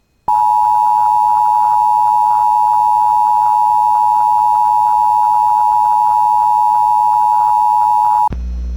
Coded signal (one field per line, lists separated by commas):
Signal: Emergency Alert System (SAME) tones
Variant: 853 and 960 Hz attention tone